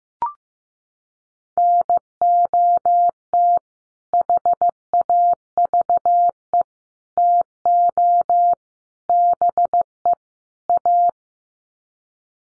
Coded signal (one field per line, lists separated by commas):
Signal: Morse code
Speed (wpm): 15 wpm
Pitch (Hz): 700 Hz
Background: none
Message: NOT HAVE TO BE A